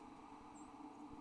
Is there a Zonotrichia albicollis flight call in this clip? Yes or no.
no